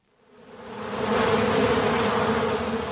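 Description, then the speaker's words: Honey bees buzzing in a dense, steady hum that swells up over the first second and holds. Honeybees at beekeeper Mark Welsh's hives in a downtown garden in Omaha, Nebraska, on a sunny spring day while he checks the hives. "in Omaha, Nebraska, beekeeper Mark Welsh is taking advantage of the nice weather and checking on his honeybee hives in a downtown garden."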